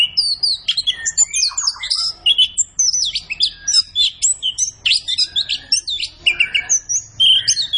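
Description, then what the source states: Orange-headed thrush singing a continuous, fast medley of high whistles, chirps and trills, with short sharp notes packed closely together throughout. Orange-headed thrush singing energetically in full, constant song (gacor), used as masteran training audio for other birds.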